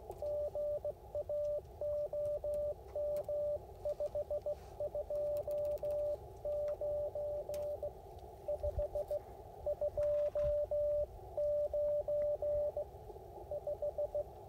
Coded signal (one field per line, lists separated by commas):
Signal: Morse code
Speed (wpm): 16 wpm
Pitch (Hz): 590 Hz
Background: radio noise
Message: GA OM 529 529 5